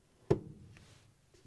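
A twist-lock component is set at a slight angle into the housing of a Whirlpool/KitchenAid/Maytag washer gear case (W11454372), pushed in and turned clockwise. A sharp hit at 0.3 s marks it locking in place, followed by a faint tick at 0.8 s and a soft low thump near the end. The part is locked.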